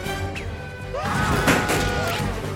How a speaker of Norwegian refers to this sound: Ja, gode og dårlige nyheter. De gode nyhetene at vi lander umiddelbart. De dårlige nyhetene at vi krasjlander.